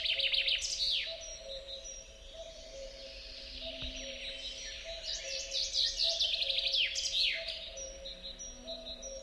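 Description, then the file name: Common chaffinch song phrases: an early downward flourish, then a longer trill of high repeated notes ending in a falling sweep, over a low hum. "Fringilla coelebs"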